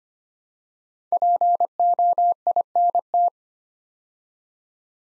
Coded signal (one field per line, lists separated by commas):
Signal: Morse code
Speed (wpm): 25 wpm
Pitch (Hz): 700 Hz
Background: none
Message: POINT